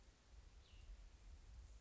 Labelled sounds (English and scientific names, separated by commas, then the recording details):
Cassin's Vireo (Vireo cassinii)
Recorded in Sonoma County, California